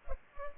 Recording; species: mosquito wingbeat signal from an infrared sensor; Culex pipiens